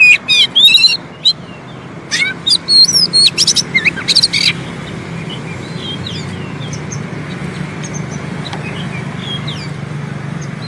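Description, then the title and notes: Oriental magpie-robin song: a burst of sharp whistled and buzzy notes, then a long quieter stretch with a low steady hum. Long-duration fill-in song for training magpie-robins to sing actively day and night. "Kacer Jadi Gacor Siang Malam. Isian Kacer Durasi Panjang"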